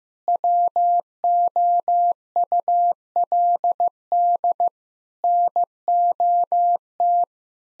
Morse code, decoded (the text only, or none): WOULD NOT